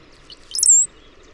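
Bird chirp: a single short, high-pitched note that slides and flattens out, lasting about a third of a second, with faint steady hiss around it.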